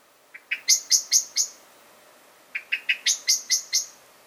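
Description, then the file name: Common blackbird uttering two bursts of about six or seven ringing chink notes each, starting soft and growing louder, separated by a gap of about a second. "Turdus merula"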